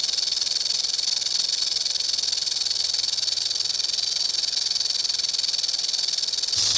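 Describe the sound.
Rattlesnake rattling, a continuous dry sizzling buzz held evenly throughout, with a slight change in tone right at the end.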